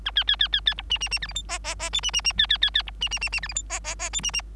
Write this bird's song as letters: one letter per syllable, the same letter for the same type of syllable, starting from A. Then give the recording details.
A B B B B B C D D D E F G H H H I D D D B B B B C D D D D E F G H H H I D D. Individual Bird3